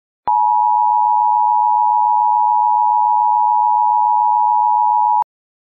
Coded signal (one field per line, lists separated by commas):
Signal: Emergency Alert System (SAME) tones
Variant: 853 and 960 Hz attention tone